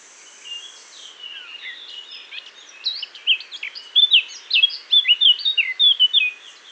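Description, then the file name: Eurasian blackcap singing: a quiet, muttered scratchy warble building into bright, loud, flute-like whistled phrases in quick succession. "Sylvia atricapilla"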